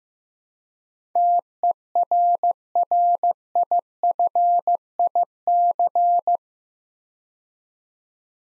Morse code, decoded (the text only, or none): TERRIFIC